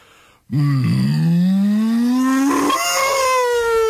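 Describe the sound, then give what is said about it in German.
A single long cow moo, loud and drawn out for several seconds, starting low and gradually rising in pitch before breaking into a higher, strained tone at the end. “Nein, das ist eine Kuh, bitte. Das war eine Kuh.”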